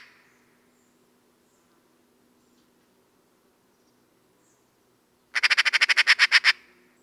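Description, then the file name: Eurasian magpie giving a harsh, rattling chatter of about a dozen quick, evenly spaced notes lasting just over a second, with silence before it. "Pica pica"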